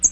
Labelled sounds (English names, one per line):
American Redstart flight call